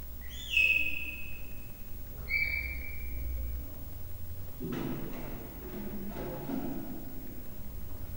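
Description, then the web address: Leopard cub chirping: two tonal, slightly falling chirps with bright overtones about two seconds apart, followed by low noise. Three-month-old leopard cub chirping, captive in the zoo at Miskolc, recorded in 2009. "miskolcizoo 2009 leopard haromhonaposkolyokcsipogasa"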